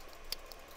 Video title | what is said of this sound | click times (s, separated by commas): UVC G3 water damage Repair | so that's clicked back them to place | 0.3 s